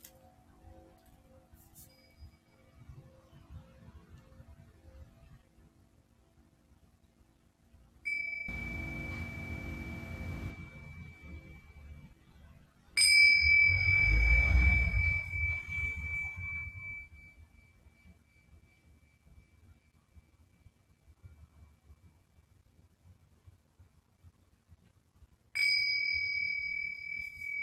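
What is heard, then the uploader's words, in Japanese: Three singing bowl strikes ring out, at about 8, 13 and 25 seconds, each a bright, pure tone with a higher overtone that hangs and fades slowly. The second strike is the loudest. Soft low rumbling and a faint hum sit underneath. メキシコから シンギングボウルのサウンドヒーリング ライブ。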